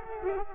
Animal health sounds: mosquito wingbeat signal from an infrared sensor; Culex quinquefasciatus

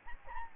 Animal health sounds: mosquito wingbeat signal from an infrared sensor; Aedes albopictus

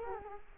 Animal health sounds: mosquito wingbeat signal from an infrared sensor; Culex quinquefasciatus

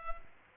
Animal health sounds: mosquito wingbeat signal from an infrared sensor; Culex quinquefasciatus

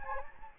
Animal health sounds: mosquito wingbeat signal from an infrared sensor; Anopheles gambiae

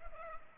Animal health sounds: mosquito wingbeat signal from an infrared sensor; Culex pipiens

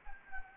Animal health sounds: mosquito wingbeat signal from an infrared sensor; Anopheles gambiae

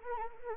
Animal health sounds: mosquito wingbeat signal from an infrared sensor; Anopheles arabiensis

